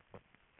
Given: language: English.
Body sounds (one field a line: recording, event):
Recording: throat vibration sensor signal played as sound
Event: swallow